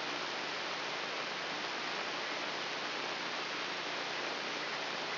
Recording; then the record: brain microelectrode recording played as sound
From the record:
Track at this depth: inside the subthalamic nucleus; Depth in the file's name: 4.307 mm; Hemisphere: left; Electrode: 3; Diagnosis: Parkinson's disease